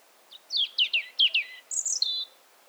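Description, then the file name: European robin singing a short phrase of quick descending slurred notes, ending in a higher twittering trill. "Erithacus rubecula"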